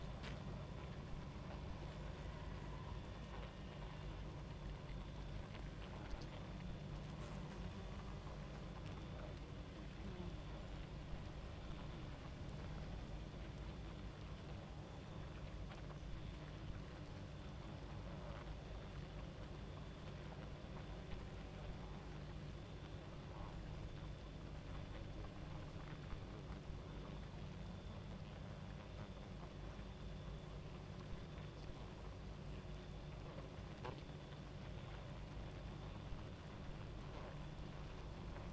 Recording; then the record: honeybee colony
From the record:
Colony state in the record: active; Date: 28 July 2017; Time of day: 23:50